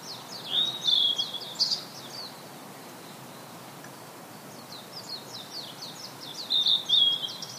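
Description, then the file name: Blue-and-white flycatcher song: two phrases of high, clear whistled notes and quick slurred notes, separated by a few seconds of quiet hiss. "oruri"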